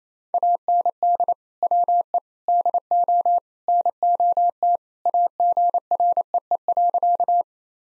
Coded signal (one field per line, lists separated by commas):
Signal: Morse code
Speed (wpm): 27 wpm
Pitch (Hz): 700 Hz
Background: none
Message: AND WE DO NOT AGREE.